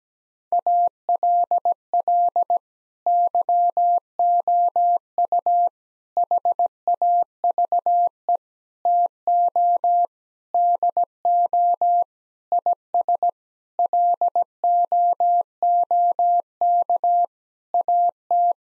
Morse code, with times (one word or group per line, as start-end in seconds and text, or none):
0.5-2.6 ALL
3.1-5.7 YOU
6.2-8.4 HAVE
8.9-10.1 TO
10.5-12.0 DO
12.5-13.3 IS
13.8-17.2 LOOK
17.7-18.5 AT